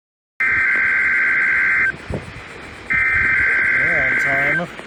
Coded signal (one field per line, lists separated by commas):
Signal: Emergency Alert System (SAME) tones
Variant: header bursts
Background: speech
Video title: Hurricane Isaias - EAS Alerts 583-600 + HURRICANE FOOTAGE